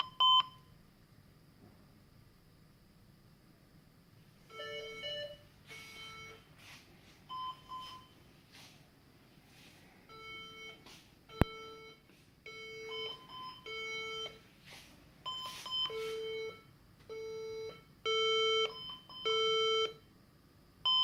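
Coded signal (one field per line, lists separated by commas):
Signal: beep code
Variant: HP EliteDesk 800 G2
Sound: irregular series of buzzy electronic beeps with fainter higher beeps between them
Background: small room hum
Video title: Bios updates on HP Elite desk 800G2, beep beep...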